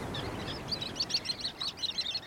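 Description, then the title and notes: Sanderling calls: a run of sharp, high twittering notes over low background noise, fainter at first. Small flocks on winter shorelines, probing at the water's edge and running with each wave's ebb and flow; birds staying through the winter. "Rachel Carson, in Under the Sea Wind , described Sanderlings"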